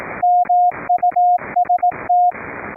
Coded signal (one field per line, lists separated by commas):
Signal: Morse code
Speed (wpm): 18 wpm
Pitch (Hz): 710 Hz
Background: radio noise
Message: MUST